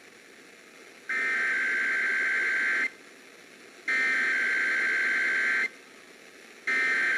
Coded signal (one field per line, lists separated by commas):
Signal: Emergency Alert System (SAME) tones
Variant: header bursts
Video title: [EAS #55-58] San Francisco and Fresno's February RMT's